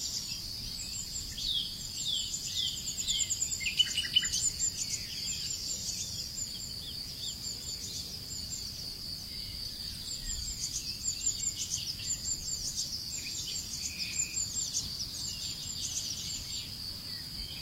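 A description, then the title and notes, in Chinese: Cicadas drone in a steady high whine through a forest while birds chirp, busiest around four seconds, over a soft low rumble. 蝉噪林愈静，鸟鸣山更幽。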